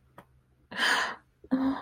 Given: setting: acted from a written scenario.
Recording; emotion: vocal sound without words; guilt